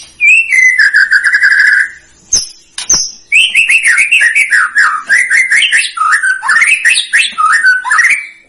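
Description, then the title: White-rumped shama song: a steady whistled note, two sharp clicks, then a long run of varied looping, rising and falling warbles over high buzzy overtones. Lure recording of a strongly singing bird, meant to provoke a response. "PANCINGAN MEWAH MURAI BATU GACOR, SEKALI DENGAR AMPUH LANGSUNG RESPON"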